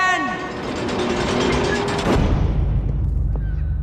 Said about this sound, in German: Das große Tor schließt sich knallend hinter ihnen.